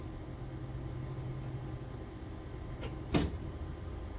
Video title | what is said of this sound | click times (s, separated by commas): 1951 Plymouth custom shift linkage pt. 2 | and drive just seem to barely click in. | 3.1 s